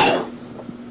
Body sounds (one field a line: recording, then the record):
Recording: coughing mixed with background sound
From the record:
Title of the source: Coughing 77